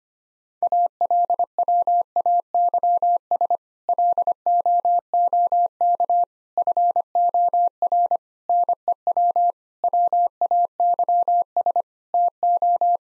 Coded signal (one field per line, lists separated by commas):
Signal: Morse code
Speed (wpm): 25 wpm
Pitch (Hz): 700 Hz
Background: none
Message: ALWAYS LOOK FOR NEW WAYS TO